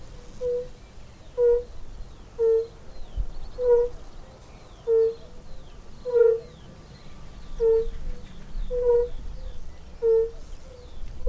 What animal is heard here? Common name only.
Fire-Bellied Toad